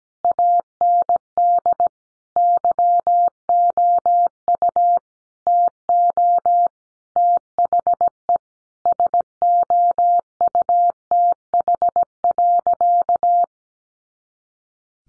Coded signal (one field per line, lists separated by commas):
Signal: Morse code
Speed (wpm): 17 wpm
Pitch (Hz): 700 Hz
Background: none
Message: AND YOU TO THE SOUTH.